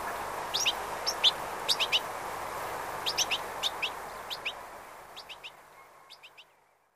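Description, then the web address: European goldfinch song, fairly quiet, with bursts of sharp chirping notes in small groups that gradually fade away toward the end. "bbc Bird Song Site Goldfinch - Chardonneret"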